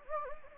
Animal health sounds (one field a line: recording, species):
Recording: mosquito wingbeat signal from an infrared sensor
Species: Anopheles gambiae